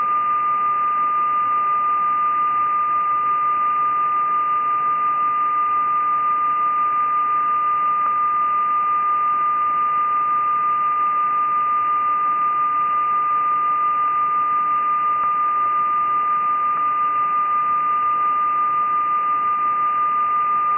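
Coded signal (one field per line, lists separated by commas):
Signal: numbers station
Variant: E06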